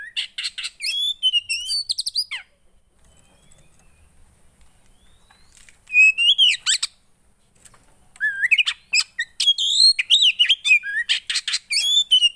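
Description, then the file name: Oriental magpie-robin song: loud bursts of varied whistles and harsh rasping notes, a pause of a few seconds, a short phrase, another pause, then renewed rapid phrases with sharp slurred whistles. Kacer song played to make a listener's caged kacer immediately agitated. "Burung kacer anda langsung emosi dengar ini"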